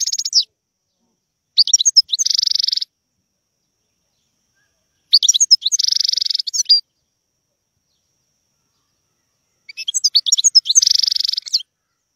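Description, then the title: European goldfinch giving song phrases separated by pauses of a few seconds, each a quick jingle of bright notes ending in a harsh buzzy trill. Wild bird; song. "غناءالحسون الخلويchant chardonneret sauvage"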